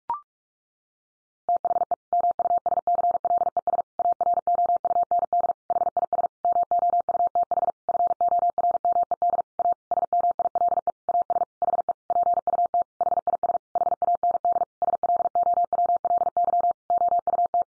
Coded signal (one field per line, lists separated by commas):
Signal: Morse code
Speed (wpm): 44 wpm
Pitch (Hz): 700 Hz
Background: none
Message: THE MUSCLES AROUND HIS MOUTH FORMED A SMILE AS HE PUT HIS HAND SLOWLY OUT